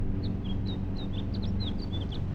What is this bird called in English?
House Finch